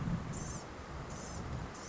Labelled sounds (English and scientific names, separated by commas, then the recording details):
Blue-gray Gnatcatcher (Polioptila caerulea)
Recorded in Sonoma County, California